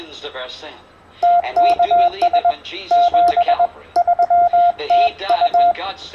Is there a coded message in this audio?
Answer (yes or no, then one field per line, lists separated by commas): yes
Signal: Morse code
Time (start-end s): 1.2-5.7 s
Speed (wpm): 21 wpm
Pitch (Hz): 700 Hz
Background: speech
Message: TKS 73 TU